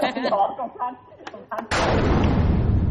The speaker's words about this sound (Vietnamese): Thôi trời, đánh tránh bữa ăn đấy, không nghe tiếng trời gầm chưa.